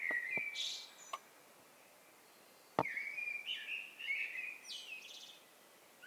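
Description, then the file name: Eurasian blackbird song of mellow fluted notes and thin high squeaks, with several loud clicks and knocks between phrases. "Turdus merula"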